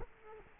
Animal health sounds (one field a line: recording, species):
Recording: mosquito wingbeat signal from an infrared sensor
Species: Culex quinquefasciatus